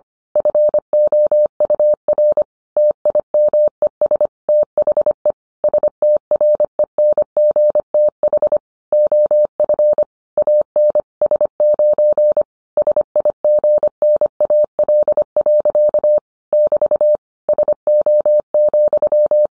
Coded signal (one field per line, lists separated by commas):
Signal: Morse code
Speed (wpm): 25 wpm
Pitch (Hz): 600 Hz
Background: none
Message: FOUR TIMES THE STRENGTH OF AN S9 SIGNAL. <BT> SO,